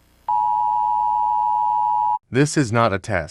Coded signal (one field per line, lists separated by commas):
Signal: Emergency Alert System (SAME) tones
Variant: 853 and 960 Hz attention tone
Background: speech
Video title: SMILE - eas scenario @Crewwfoxx @uhhhhbackupacc